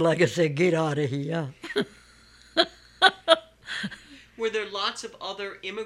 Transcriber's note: she laughs